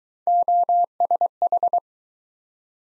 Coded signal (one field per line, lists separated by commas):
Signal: Morse code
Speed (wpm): 23 wpm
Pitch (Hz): 700 Hz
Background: none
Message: OSH